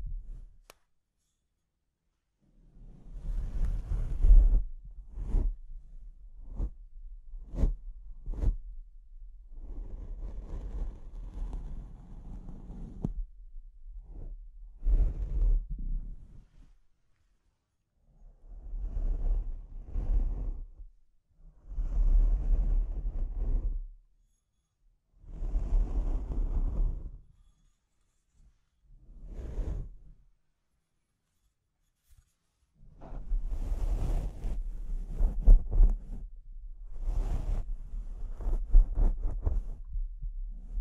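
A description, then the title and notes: Mic scratching in irregular bursts, rough scraping strokes with a heavy low rumble beneath, broken by short silent gaps. Some passages are dense and continuous, others come as quick sharp ticks, with the busiest stretch of rapid scratches near the end. ASMR Brain Melting Mic Scratching (No Talking).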